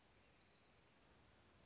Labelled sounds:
Orange-crowned Warbler
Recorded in Sonoma County, California

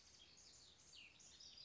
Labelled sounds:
House Wren
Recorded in Sonoma County, California

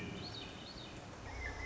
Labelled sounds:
Swainson's Thrush
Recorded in Sonoma County, California

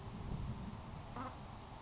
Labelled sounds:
Grasshopper Sparrow
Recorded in Sonoma County, California

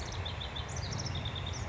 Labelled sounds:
House Wren
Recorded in Sonoma County, California

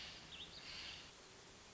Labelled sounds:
Hermit Thrush
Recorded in Sonoma County, California

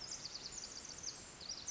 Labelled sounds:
Pacific Wren
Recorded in Sonoma County, California

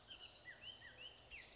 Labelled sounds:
Bullock's Oriole
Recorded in Sonoma County, California

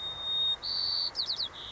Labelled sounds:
White-crowned Sparrow
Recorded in Sonoma County, California

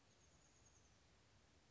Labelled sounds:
Oak Titmouse
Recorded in Sonoma County, California

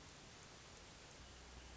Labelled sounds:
Hermit Thrush
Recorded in Sonoma County, California

